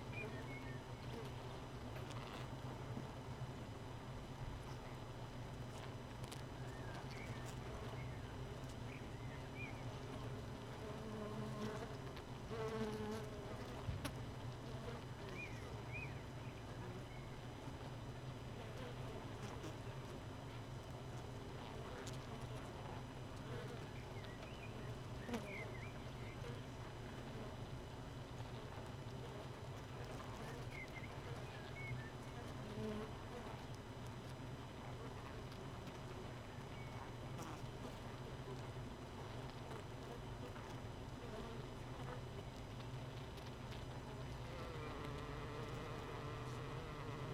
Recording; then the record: honeybee colony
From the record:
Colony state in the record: missing queen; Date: 31 May 2018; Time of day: 4:26